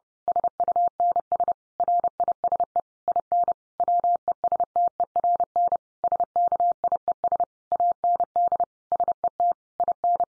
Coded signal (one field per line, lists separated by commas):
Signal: Morse code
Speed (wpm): 30 wpm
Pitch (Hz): 700 Hz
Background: none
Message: SUNS RISE IN WESTERN SKIES AND SET IN